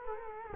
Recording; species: mosquito wingbeat signal from an infrared sensor; Culex quinquefasciatus